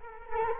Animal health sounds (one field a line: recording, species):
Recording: mosquito wingbeat signal from an infrared sensor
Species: Culex quinquefasciatus